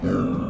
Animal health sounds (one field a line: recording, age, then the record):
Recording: pig call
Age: growing-finishing pig (85 days or more)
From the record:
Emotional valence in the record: negative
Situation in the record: barren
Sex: male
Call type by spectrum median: low-frequency call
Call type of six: low-frequency modulated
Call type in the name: low-frequency modulated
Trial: 2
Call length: 0.50 s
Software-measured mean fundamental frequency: 53 Hz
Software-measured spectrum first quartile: 203 Hz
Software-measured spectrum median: 295 Hz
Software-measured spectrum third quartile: 601 Hz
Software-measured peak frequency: 252 Hz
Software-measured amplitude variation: 132 dB a second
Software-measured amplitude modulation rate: 23.8 a second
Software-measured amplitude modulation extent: 5.5 dB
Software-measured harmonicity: 0.8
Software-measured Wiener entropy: -0.86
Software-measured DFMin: 800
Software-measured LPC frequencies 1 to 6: 325, 1268, 2650, 3502, 4573, 6048 Hz